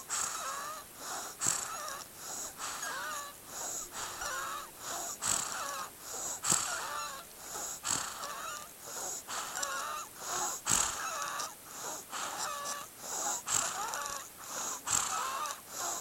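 A small child breathing rapidly, about 43 breaths a minute, each breath carrying high, squeaky whistling tones: wheezing from narrowed airways.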